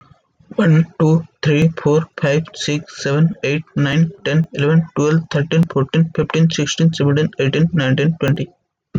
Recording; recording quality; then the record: counting at a fast pace; excellent, no background noise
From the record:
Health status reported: respiratory illness, not identified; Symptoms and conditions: cough, sore throat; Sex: male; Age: 19 years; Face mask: not worn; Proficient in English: yes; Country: India